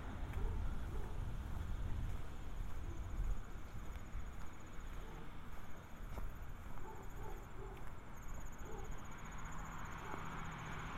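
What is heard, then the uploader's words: Outdoors on a walk around south Boulder, Colorado, a steady bed of traffic rumbles low throughout. High, thin insect trills run across the top almost without pause, briefly dropping out near the eighth second. A few faint chirps and small clicks come and go. A binaural field recording of walking around south Boulder, CO in the summer of 2015.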